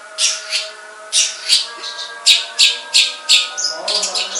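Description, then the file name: Long-tailed shrike giving quick harsh rasps in close succession, ending in a softer jumble of chatter, with a low background hum. Banyuwangi and Madura types of cendet. "Suara Cendet Banyuwangi dan Madura"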